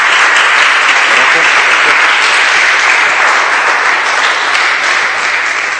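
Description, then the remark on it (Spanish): Steady, loud applause from an audience in thanks to a speaker after a prayer fills the whole stretch, a dense wash of many hands clapping at an even level with no voices standing out. “un aplauso grande, gracias.”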